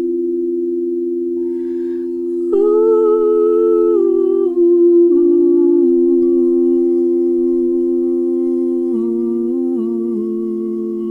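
Crystal singing bowls ring in a steady, pure low drone that holds throughout. At about two and a half seconds a higher, gliding tone joins, stepping down in pitch around four and five seconds and wavering slightly near nine and ten seconds.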